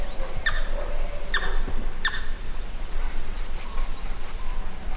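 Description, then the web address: Pheasant giving three quick, rasping call notes in the first two seconds over strong low rumbling background noise, with fainter calls following. "animal-sound pheasant-sound"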